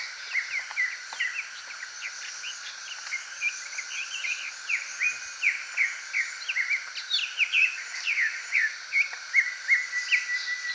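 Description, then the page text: Greater green leafbird song: a rapid, continuous run of short chirps and downslurred whistles, about two or three notes per second, over a steady background hiss. "Greater Green Leafbird Song. Quick Sounds"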